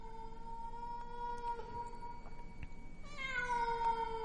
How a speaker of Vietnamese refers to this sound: Bất giác ở trên mái nhà, tiếng con mèo hồi nãy lại vang lên đến não lòng, réo rắt làm cho Nguyệt lạnh gáy.